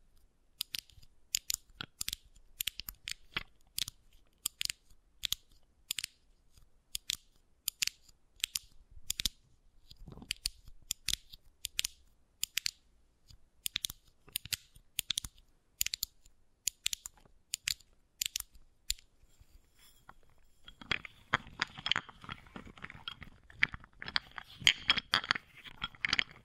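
Wooden balls click and knock in sharp, bright taps, coming in quick irregular bursts with short pauses for the first twenty seconds. Near the end the taps turn into a denser, continuous rolling and rattling clatter that lasts until the clip stops.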